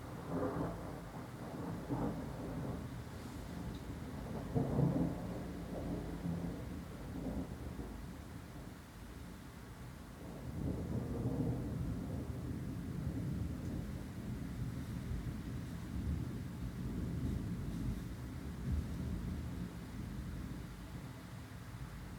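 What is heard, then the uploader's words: Thunder rumbles low and continuously through rain, swelling in heavy rolls around five seconds and again from about ten to twelve seconds. Between the peaks the deep growl never fully drops away, with a steady hiss of rainfall laid over it throughout. Dozing through thunder and rain, Tulse Hill, London, UK. The stormy weather rolled in around South London. My room is situated within a block of flats.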